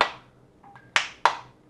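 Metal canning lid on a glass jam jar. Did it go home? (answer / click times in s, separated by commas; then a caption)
no / none. A metal canning lid on a glass jam jar that has not yet sealed is pressed, and it flexes with sharp click-clack sounds, with fainter tones in between. The clicking means there is still air inside; the jar has not sealed yet, since a sealed lid is sucked down and will not click.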